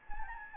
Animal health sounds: mosquito wingbeat signal from an infrared sensor; Anopheles gambiae

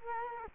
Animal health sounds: mosquito wingbeat signal from an infrared sensor; Culex quinquefasciatus

